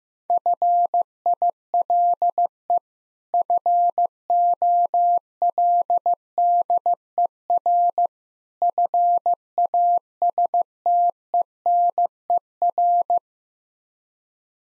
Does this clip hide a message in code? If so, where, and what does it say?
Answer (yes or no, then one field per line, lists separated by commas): yes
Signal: Morse code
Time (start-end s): 0.3-13.2 s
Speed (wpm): 15 wpm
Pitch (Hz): 700 Hz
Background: none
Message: FILE FOLDER FASTENER